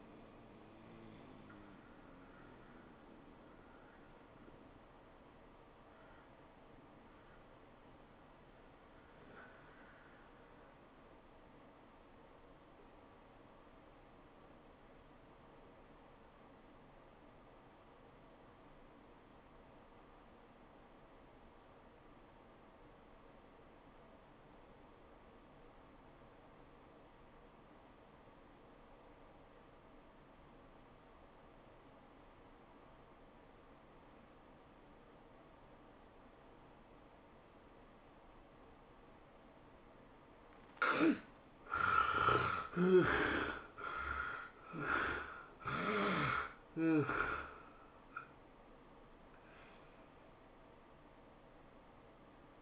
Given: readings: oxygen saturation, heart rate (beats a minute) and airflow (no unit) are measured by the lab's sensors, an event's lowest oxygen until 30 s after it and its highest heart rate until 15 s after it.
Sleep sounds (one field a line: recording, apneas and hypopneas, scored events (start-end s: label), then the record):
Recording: breathing in sleep by a voice recorder at the bedside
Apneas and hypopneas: 1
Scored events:
16.00-40.80 s: obstructive apnea (REM, oxygen 95% highest, then 60% lowest, heart rate 91 at the start, 113 highest)
From the record:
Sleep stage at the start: REM sleep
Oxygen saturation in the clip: 55 to 95%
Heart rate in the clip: 68 to 113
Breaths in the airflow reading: 6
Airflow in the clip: -15.0 to 12.5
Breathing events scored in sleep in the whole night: 403 in 5.5 hours asleep